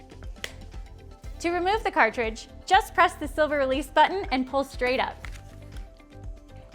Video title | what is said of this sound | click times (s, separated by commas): How to Assemble and Use Your Bona Premium Spray Mop for Hard-Surface Floors | insert the cartridge into the holder until you hear a click | 0.4 s